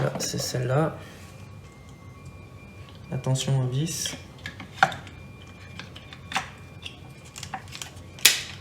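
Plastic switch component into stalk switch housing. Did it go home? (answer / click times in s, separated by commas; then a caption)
yes / 8.3 s. During reassembly of a PT Cruiser's front fog light stalk switch after repairing a fault, someone talks while small plastic taps and handling sounds are heard. The plastic switch component is pushed back into the stalk switch housing and snaps home with a distinct click at 8.3 s, seating it in place.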